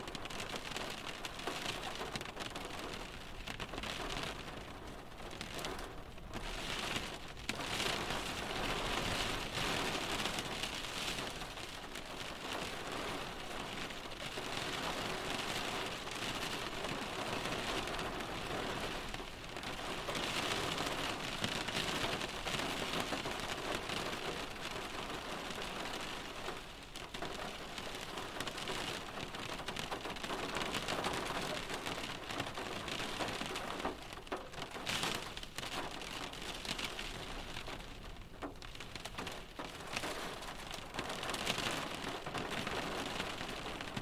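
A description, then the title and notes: Rain patters steadily and densely on a car roof, an even drumming that barely eases for brief moments before returning. Raindrop Serenade: Sheltered and cozy inside a car. The soft patter of rain on a car roof.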